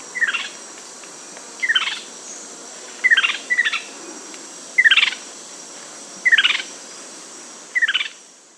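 Bird giving short clusters of sharp, downward chirps, repeated several times at somewhat uneven intervals over faint background hiss.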